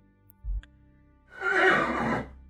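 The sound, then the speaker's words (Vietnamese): A horse rearing up lets out a loud, harsh whinny lasting about a second, preceded by a short low thump, with no voices present. “Đột nhiên con ngựa lồng lên, hai chân cất vó.”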